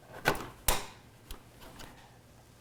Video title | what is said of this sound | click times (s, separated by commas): PC BUILD - i7-8700k, Asus Prime Z370-A II, Mugen 5, GTX 1060, EVGA PSU, Corsair Vengeance DDR4 PART3 | it's all lined up you should be able to just push it straight down and you should hear it lock into position and | 0.7 s